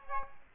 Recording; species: mosquito wingbeat signal from an infrared sensor; Aedes albopictus